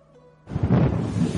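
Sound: thunder crashing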